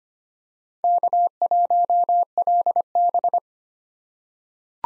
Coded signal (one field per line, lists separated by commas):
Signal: Morse code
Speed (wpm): 25 wpm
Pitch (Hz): 700 Hz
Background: none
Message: K1LB